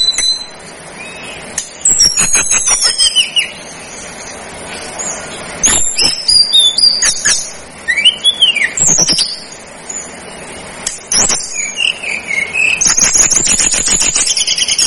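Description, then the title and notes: Tledekan gunung song: high twittering whistles and sharp clicks in irregular bursts over a steady background hiss, with falling and rising whistled slurs. Master recording used for training cage birds; also called sikatan gunung. "Masteran Tledekan Gunung Sikatan Gunung. BURUNG TLEDEKAN"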